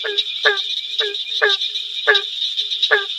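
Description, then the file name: Barking treefrog calls: hollow, barking notes repeated several times, over a steady high insect whine. "Hyla gratiosa call"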